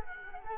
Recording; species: mosquito wingbeat signal from an infrared sensor; Culex quinquefasciatus